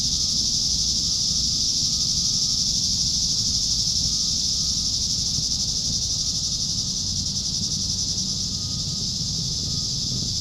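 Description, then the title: Cicadas produce a steady, intense high buzz that never pauses, with a thin faint tone and low rumble in the background. "neoscenes: cicadas"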